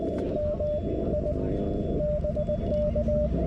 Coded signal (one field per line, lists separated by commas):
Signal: Morse code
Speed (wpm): 18 wpm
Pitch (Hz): 590 Hz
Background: radio noise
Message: MI BK